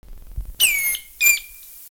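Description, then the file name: Greenish schiffornis alarm calls, two sharp high notes each ending in a thin steady whistle, spaced about half a second apart. "Schiffornisvirescensalarm"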